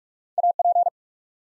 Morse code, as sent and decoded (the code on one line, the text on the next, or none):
.- / .--.
A P